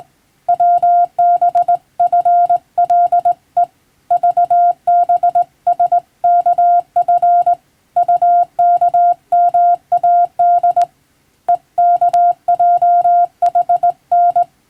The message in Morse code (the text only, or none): WBFLE VBSKF UKMAD EKJHN